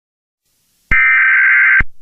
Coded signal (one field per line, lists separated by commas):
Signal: Emergency Alert System (SAME) tones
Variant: header bursts